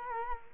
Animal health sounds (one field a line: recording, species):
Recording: mosquito wingbeat signal from an infrared sensor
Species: Culex quinquefasciatus